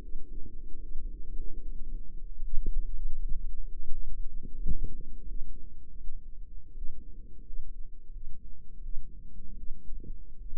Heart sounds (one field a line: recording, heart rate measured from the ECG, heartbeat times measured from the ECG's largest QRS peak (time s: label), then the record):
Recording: heart sounds by microphone in the right ear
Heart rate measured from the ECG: 81 bpm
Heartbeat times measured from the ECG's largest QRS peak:
0.79 s: heartbeat
1.60 s: heartbeat
2.41 s: heartbeat
3.16 s: heartbeat
3.86 s: heartbeat
4.55 s: heartbeat
5.24 s: heartbeat
5.96 s: heartbeat
6.71 s: heartbeat
7.41 s: heartbeat
8.09 s: heartbeat
8.79 s: heartbeat
9.54 s: heartbeat
10.36 s: heartbeat
From the record:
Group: healthy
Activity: rest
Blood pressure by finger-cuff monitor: 134/76 mmHg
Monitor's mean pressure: 92 mmHg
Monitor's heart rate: 80 bpm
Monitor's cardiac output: 7.6 L/min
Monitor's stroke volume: 91 mL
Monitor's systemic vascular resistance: 930 dyn s/cm5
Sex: female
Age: 22 years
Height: 171 cm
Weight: 65.6 kg